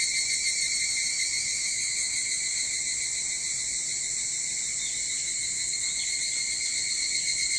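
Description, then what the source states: Evening cicadas singing together, a continuous high metallic drone with a gentle rapid pulse throughout, unbroken and even in loudness. Recorded 22 July 2023 at 04:40.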